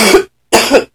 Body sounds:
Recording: coughing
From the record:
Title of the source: 61 morning phlegmy cough...again

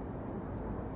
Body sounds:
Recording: background sound without coughing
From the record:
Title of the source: Train Ride Ambience ambient white noise for sleeping, focus, studying, reading

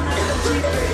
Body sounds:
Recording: coughing mixed with background sound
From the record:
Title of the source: female coughing - coughing sound effects girl

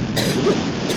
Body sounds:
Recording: coughing mixed with background sound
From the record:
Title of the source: 55 gaggy wet cough

